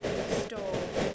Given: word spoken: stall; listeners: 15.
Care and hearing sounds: one English word in noise, from a listening test; noise modulated by three-talker babble; -6.2 dB; 0 of 15; 12 of 15; 0.74 s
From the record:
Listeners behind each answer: 12, 2, 1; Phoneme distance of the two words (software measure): 7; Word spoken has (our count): 1 syllable, 4 phonemes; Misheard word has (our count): 1 syllable, 3 phonemes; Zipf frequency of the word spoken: 4.18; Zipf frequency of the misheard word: 4.63

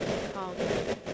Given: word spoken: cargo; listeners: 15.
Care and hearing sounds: one English word in noise, from a listening test; noise modulated by three-talker babble; -7.8 dB; 0 of 15; 6 of 15; 0.74 s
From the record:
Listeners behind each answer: 6, 1, 1, 1, 1, 1, 1, 1, 1, 1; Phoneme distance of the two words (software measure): 17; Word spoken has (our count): 2 syllables, 4 phonemes, stress on syllable 1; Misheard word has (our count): 1 syllable, 3 phonemes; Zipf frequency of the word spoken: 3.82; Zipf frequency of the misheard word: 4.72

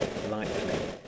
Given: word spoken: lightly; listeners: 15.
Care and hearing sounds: one English word in noise, from a listening test; noise modulated by three-talker babble; -3.5 dB; 5 of 15; 9 of 15; 0.68 s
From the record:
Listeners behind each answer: 9, 5, 1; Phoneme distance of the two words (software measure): 10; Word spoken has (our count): 2 syllables, 5 phonemes, stress on syllable 1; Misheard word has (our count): 2 syllables, 5 phonemes, stress on syllable 1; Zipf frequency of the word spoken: 3.80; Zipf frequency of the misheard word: 4.87

